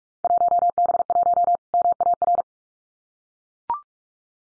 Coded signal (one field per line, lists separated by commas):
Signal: Morse code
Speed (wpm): 44 wpm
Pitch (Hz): 700 Hz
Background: none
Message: 1B1 MAR